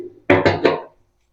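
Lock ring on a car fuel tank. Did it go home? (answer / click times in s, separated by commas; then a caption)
no / none. A metal lock ring on the gas tank of a 1973 Mercury Cougar XR7 is tapped around with a hammer, using little force, to lock it into place so it can seal. Three sharp hammer taps sound at about 0.3, 0.5 and 0.7 seconds, each ringing briefly and fading out by about 0.9 seconds. Nothing has seated or locked yet.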